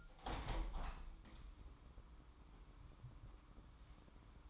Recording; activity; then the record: daily activity, microphone in the room; open window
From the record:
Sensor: 1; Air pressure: 998.0 hPa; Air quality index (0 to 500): 130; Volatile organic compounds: 4 ppm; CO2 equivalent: 1559 ppm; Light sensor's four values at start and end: 17/56/22/23 and 17/57/23/23